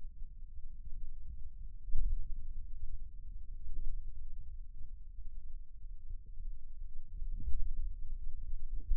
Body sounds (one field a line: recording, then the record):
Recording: forearm muscle sounds (acoustic myography)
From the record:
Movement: finger pinch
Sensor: system 2, bracelet of six BSWA MPA416 microphones around the upper forearm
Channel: 1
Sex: male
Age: 22 years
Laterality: right